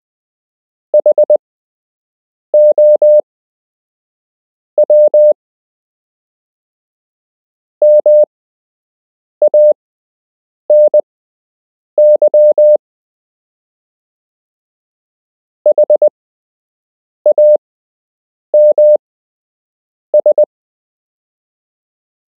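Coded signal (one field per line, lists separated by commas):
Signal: Morse code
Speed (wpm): 20 wpm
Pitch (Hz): 600 Hz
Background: none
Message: HOW MANY HAMS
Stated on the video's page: Beginner Morse code lesson with real Morse to learn, part 6 of 8.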